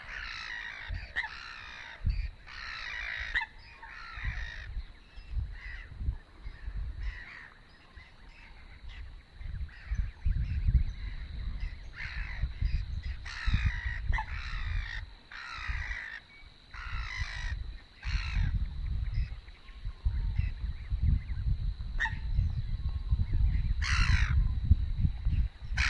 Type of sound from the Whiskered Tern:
call